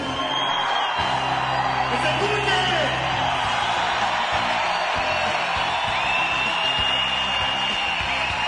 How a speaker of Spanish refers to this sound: Gritemos fuerte para que los compañeros de CAPE sepan que nos estamos esperando.